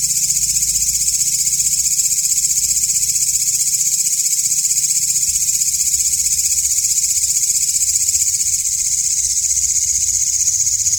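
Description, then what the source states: Katydid call: continuous high, hissing buzz with rapid regular pulses, unchanging across the whole stretch, over a soft low hum. Called walang ngapak in Indonesian.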